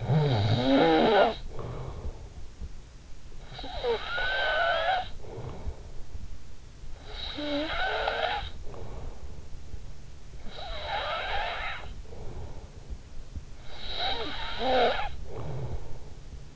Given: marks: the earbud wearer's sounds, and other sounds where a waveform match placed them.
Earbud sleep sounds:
sounds in sleep by an in-ear microphone; snoring breath
0.00-16.56 s: snoring breath

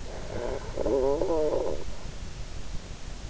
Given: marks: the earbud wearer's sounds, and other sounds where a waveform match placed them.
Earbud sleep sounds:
sounds in sleep by an in-ear microphone; snoring breath
0.02-2.43 s: snoring breath

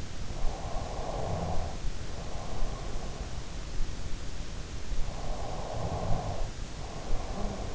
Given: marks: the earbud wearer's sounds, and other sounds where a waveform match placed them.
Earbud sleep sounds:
sounds in sleep by an in-ear microphone; snoring breath
0.36-3.18 s: snoring breath
4.56-7.75 s: snoring breath

